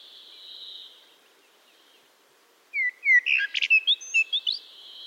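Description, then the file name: Eurasian blackbird song: a brief warbled phrase that ends in high twittering notes, after a steady high tone at the start. "Turdus merula"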